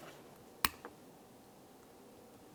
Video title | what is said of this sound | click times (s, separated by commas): How to Replace Headlights 2006-2012 Ford Fusion | listen for a click make sure it's secured let's get this one | 0.6 s